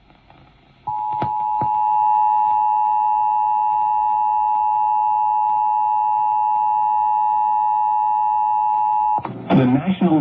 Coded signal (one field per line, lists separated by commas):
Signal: Emergency Alert System (SAME) tones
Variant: 853 and 960 Hz attention tone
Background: speech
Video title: Severe Thunderstorm Warning EAS (WVCY TV) 7/5/2023